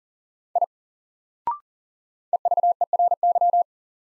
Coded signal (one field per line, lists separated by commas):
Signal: Morse code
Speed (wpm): 40 wpm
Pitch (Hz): 700 Hz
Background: none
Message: I EVERY